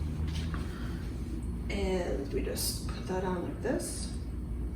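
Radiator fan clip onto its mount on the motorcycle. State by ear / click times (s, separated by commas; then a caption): not seated / none. A radiator fan, held by its plastic clip, is being fitted back onto its mount on a Can-Am Ryker three-wheeled motorcycle during a Baja Ron sway bar install, after the bolts have been tightened. Someone talks over faint handling sounds with a brief tap at 0.5 s. Nothing has clipped or seated yet.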